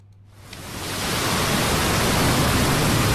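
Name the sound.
flowing river water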